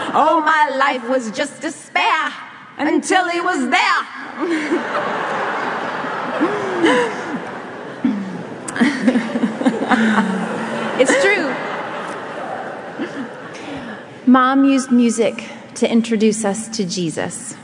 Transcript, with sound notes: All my life was just despair ’til he was there. (laughter) It’s true! Mom used music to introduce us to Jesus.